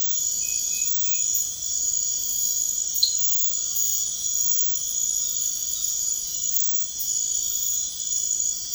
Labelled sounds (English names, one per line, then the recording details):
none
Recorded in pastures near Puerto Asís, Putumayo, Colombia, on 21 March 2025 at 01:00
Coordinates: 0.502, -76.324
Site GP07